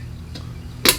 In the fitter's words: There we go. Okay, so you heard those clicks, so that's done.